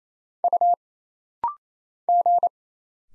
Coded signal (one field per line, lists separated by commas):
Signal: Morse code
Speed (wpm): 27 wpm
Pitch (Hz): 700 Hz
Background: none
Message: U G